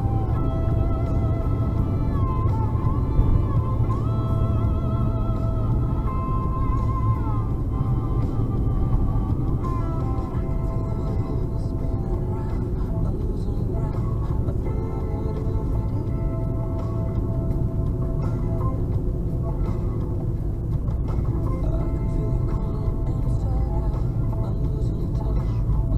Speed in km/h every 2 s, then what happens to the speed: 92, 88, 85, 79, 75, 74, 75, 75, 74, 70, 66, 62, 59.
0-8 slows to 75. 8-16 steady at about 75. 16-26 slows to 59.